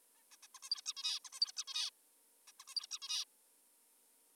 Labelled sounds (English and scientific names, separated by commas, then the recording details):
Zebra Finch (Taeniopygia guttata)
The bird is an adult
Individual g19o3U